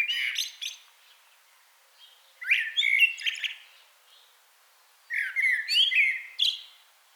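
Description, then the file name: Common blackbird song: a brief high twittering fragment, then two mellow, warbled whistled phrases, each ending in a high squeaky twitter. "Turdus merula"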